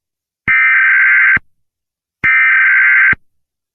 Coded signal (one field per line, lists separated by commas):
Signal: Emergency Alert System (SAME) tones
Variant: header bursts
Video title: EAS Scenario || THE FOG IS COMING